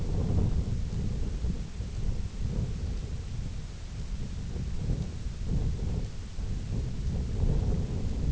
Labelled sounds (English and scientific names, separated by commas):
none